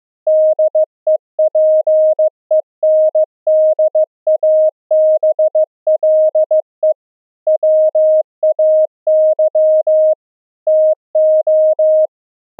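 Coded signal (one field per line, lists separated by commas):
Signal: Morse code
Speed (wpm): 15 wpm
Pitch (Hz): 620 Hz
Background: none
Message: DEPENDABLE WAY TO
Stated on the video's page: Pulse density modulated CW transmitted and received on LF at 64 kHz with resonant magnetic near-field antennas, an experiment for through-the-earth cave communication.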